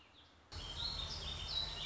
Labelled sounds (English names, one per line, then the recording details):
Warbling Vireo
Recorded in Sonoma County, California